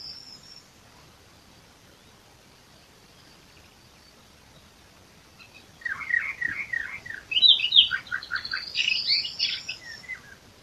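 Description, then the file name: Eastern Orphean Warbler song: after a quiet start, a hurried phrase of chattering and warbled notes climbing into higher, sharper chirps. "sylvia crassirostris song"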